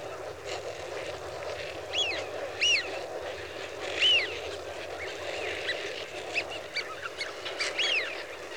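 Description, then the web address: Eurasian wigeon whistles, several loud arched whee-oo calls spaced throughout, with quieter flock notes between them over a steady hiss. "The BBC Sound Effects Library. Wigeon (Anas Penelope) Flock"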